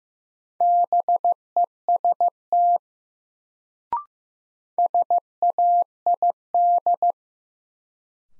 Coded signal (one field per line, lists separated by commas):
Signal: Morse code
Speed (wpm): 15 wpm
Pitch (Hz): 700 Hz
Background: none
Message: BEST SAID